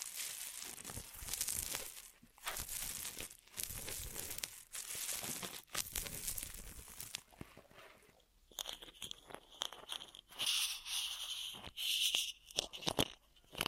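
Ear massage triggers: dense crinkling and rubbing sounds come in bursts of a second or two, separated by brief pauses. After about eight seconds the texture turns thinner and brighter, with crisp scratchy strokes and a few sharp taps.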